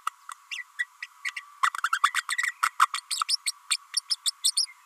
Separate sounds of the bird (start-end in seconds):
0.51-0.64, 0.79-0.86, 1.02-1.06, 1.24-1.30, 1.36-1.43, 1.63-1.69, 1.84-1.89, 1.92-1.99, 2.03-2.10, 2.30-2.37, 2.62-2.70, 2.79-2.87, 2.94-3.00, 3.10-3.23, 3.28-3.37, 3.46-3.52, 3.70-3.77, 3.96-4.01, 4.10-4.16, 4.26-4.31, 4.44-4.51, 4.56-4.66